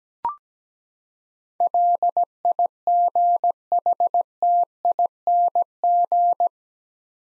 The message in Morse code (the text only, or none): LIGHTING